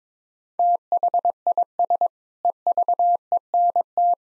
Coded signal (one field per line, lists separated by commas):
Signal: Morse code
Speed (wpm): 21 wpm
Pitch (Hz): 700 Hz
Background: none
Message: THIS EVENT